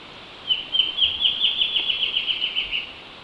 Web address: Natures Songs S America Eastern Lowlands. Hypocnemoides melanopogon, duet